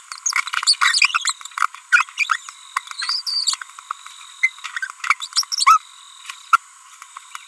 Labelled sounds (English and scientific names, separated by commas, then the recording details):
Green-rumped Parrotlet (Forpus passerinus) babbling
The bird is a female
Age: 30 days
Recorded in a nest box in Venezuela
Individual 17B42B3